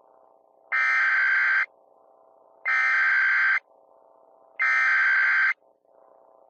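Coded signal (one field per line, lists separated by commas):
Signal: Emergency Alert System (SAME) tones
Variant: header bursts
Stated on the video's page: Fictional EAS scenario about zombies, made for entertainment.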